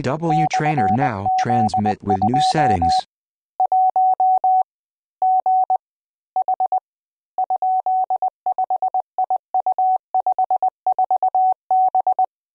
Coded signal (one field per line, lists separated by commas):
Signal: Morse code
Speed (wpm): 20 wpm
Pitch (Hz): 750 Hz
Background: speech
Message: /Z2 1 G H ?5IU54B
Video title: CW Trainer Demo